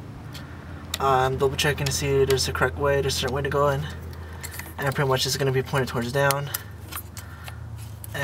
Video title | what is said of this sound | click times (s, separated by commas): E46 DIY#5 Front Brake & Rotor Change | there clicks | 8.0 s